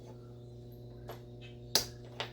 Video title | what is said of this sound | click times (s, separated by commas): Rotofab cold air intake review and install on my 2021 Camaro LT1 | Hear the click? | 1.8 s